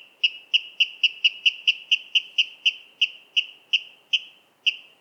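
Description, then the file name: Water rail giving a quick series of sharp ringing notes that gradually slow. "Waterral Rallus aquaticus"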